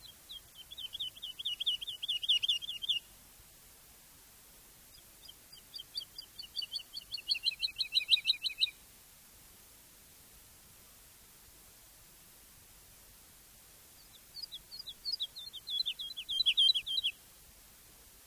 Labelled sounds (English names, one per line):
Wood Lark song